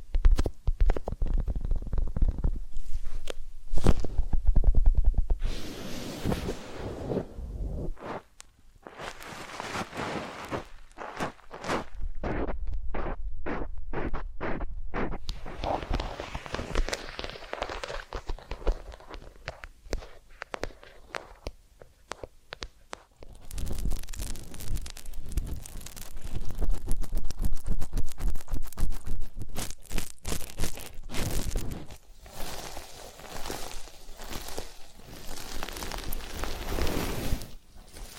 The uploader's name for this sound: Massage, Ear Cleaning and Spa